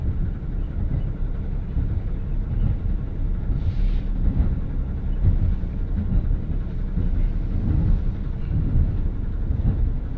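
A train journey on the Hakodate Main Line, with a steady, dense low rumble of the moving train running throughout. The loudness stays fairly even, with faint rhythmic thumps underneath. Around four seconds, a brief hissing burst rises above the rumble.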